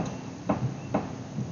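A mechanism part is being worked into a typewriter frame by hand, giving two soft knocks at about 0.5 and 0.9 seconds over low background noise. The part is handled but nothing has seated or clicked into place yet.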